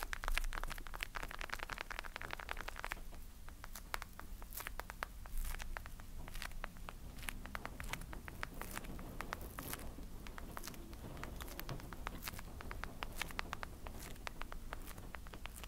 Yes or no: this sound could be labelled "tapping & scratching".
yes